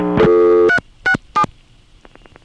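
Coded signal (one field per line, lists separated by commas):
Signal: DTMF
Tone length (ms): 80 ms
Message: 367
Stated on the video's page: Trunk signalling from senderized step-by-step (XY) exchanges in Manassas, 1976.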